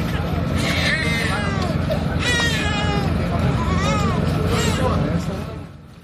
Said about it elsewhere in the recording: In Venezuela after the country was hit by those two major earthquakes last week. You hear that baby crying. A rescue team from the U.S. actually pulled that 9-month-old along with the child's mother from the rubble. Both had only minor injuries.